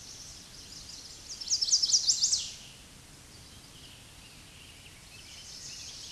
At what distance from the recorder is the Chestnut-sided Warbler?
about 5 m